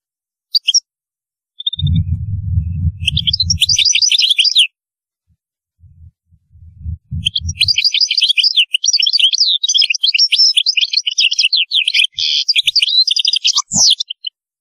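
European goldfinch singing long, fast twittering phrases of bright tinkling and buzzy notes, with low thumping noises underneath during the first half.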